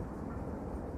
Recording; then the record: background sound without coughing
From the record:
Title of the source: Train Ride Ambience ambient white noise for sleeping, focus, studying, reading